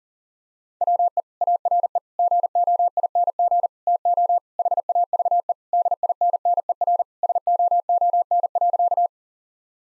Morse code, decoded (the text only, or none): WE ARE GOING TO HAVE DINNER SOON.